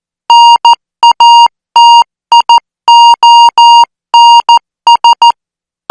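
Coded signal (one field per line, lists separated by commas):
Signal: Morse code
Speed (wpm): 14 wpm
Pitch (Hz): 940 Hz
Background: music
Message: NATIONS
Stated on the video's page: Morse code practice signal at 14 words per minute for military signal school training.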